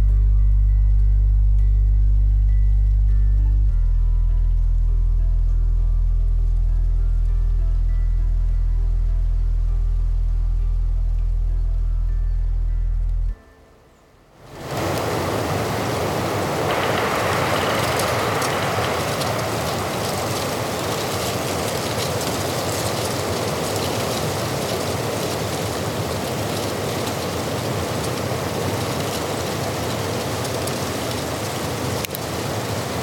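Wind and weather on the Hochgern: a deep, steady rumble with low humming tones fills the first thirteen seconds, shifting once around four seconds. After a brief near-silent break, a dense, even rushing hiss like rain and gusts takes over until the end.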